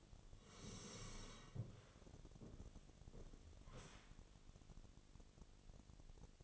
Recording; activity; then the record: daily activity, microphone in the room; sit down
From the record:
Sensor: 4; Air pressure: 1001.2 hPa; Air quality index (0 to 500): 182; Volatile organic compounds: 2 ppm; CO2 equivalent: 1298 ppm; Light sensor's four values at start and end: 14/32/13/13 and 14/32/13/13